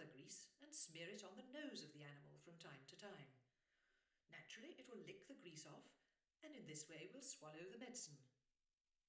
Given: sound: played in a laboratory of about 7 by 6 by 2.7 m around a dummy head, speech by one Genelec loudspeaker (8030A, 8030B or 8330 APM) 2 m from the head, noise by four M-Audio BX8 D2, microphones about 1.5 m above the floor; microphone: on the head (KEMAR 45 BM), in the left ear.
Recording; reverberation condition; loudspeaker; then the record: female speech in English; medium; 60 degrees to the left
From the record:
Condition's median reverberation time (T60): about 510 ms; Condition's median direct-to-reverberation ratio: about -0.5 dB